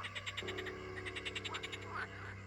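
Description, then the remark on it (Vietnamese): A dense chorus of frogs croaking in rapid, rhythmic pulses, with high trilling calls layered over a steady low drone. No one speaks. “Toàn thân bị ếch phủ kín.”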